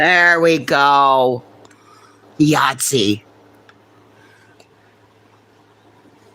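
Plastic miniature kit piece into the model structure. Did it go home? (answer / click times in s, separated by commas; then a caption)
partly / 3.7 s, 4.6 s. A plastic piece of a miniature building kit is pressed into place on the model structure while someone talks. Small clicks sound at 3.7 s and 4.6 s. Only one side clicks in, so the part is not fully seated.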